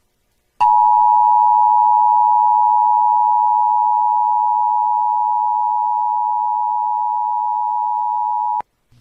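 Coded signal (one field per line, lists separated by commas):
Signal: Emergency Alert System (SAME) tones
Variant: 853 and 960 Hz attention tone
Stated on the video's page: Real valid EAS severe thunderstorm and flash flood warnings for Laredo, Texas, captured from local FM stations.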